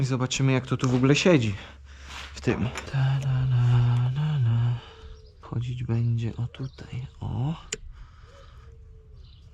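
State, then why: Not seated. A part is held up to the car body during a repair and lined up where it will go, before being pushed home. Someone talks throughout, with some faint handling noise in the pauses. Nothing has seated or clicked yet.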